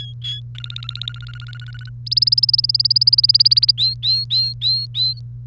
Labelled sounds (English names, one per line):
Domestic Canary song